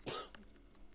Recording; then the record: coughing mixed with background sound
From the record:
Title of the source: 30 Chesty and wet cough